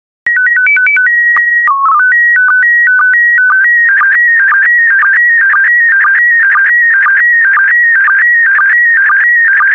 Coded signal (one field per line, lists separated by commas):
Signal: SSTV (slow-scan television)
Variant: PD 120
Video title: 122086 Israel SSTV PD120